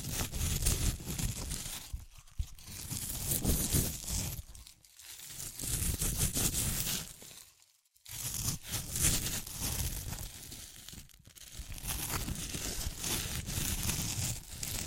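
Crunchy chips being crushed and eaten in dense, crackling bursts, broken by brief silent pauses near two, five, eight and eleven seconds.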